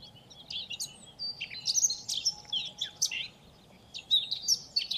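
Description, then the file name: Eurasian blackcap calling with high, sharp chirps and short warbled notes scattered throughout. "Sylvia atricapilla"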